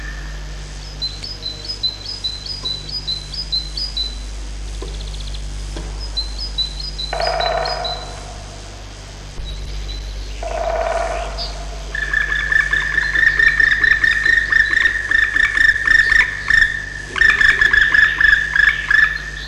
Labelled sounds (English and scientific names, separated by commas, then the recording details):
Black Woodpecker (Dryocopus martius)
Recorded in the wild
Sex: pair
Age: adult
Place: Dürrbach, Sachsen, DE
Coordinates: 51.3583, 14.6164
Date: 1957-04-28
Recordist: Meyer, Hugo